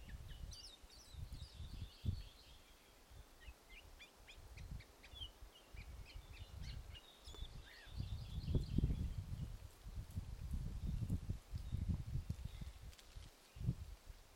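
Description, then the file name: Maui parrotbill calls: many short, high chirps and slurred notes over low rumbling background noise. "Maui Parrotbill Pseudonestor xanthophrys"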